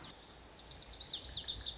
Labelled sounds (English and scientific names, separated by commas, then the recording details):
Lazuli Bunting (Passerina amoena)
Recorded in Sonoma County, California